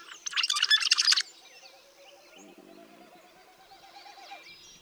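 Rusty blackbird giving one harsh, crackling burst about a second long.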